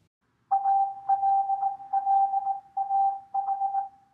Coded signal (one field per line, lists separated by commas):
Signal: Morse code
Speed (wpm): 18 wpm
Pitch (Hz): 780 Hz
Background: none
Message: ALLAH